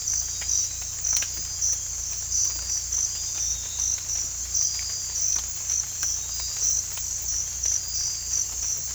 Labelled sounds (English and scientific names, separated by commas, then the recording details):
none
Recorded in dense forest near Puerto Asís, Putumayo, Colombia, on 18 December 2024 at 03:00
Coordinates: 0.486, -76.317
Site G003